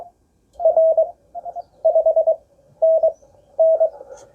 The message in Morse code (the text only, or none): R 5NN